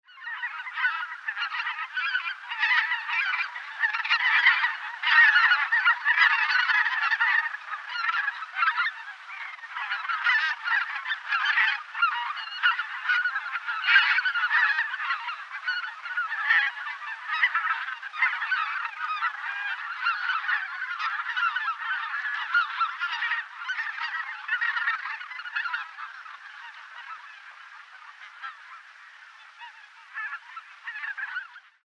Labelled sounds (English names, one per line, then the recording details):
Greater White-fronted Goose
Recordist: Tembrock, Günter
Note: Durchzügler im Flug